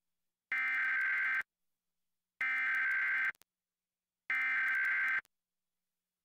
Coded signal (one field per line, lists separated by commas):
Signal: Emergency Alert System (SAME) tones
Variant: header bursts